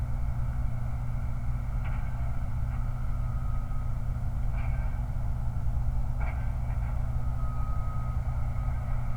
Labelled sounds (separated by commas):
truck